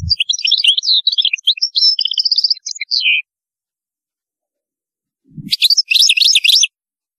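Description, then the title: European goldfinch song: a long run of rapid tinkling, twittering notes for about three seconds, a soft low thump, then another quick twittered burst. "Chant Chardonneret"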